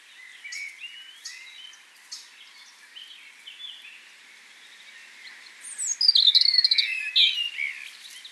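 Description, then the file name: European robin song, faint twittering and clicking notes at first, then a louder high sweeping phrase with quick trills. "Erithacus rubecula"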